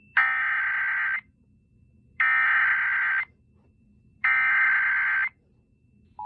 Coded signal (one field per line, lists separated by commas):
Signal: Emergency Alert System (SAME) tones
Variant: header bursts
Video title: EAS SCENARIO: Missing child [credit to that mexican boi]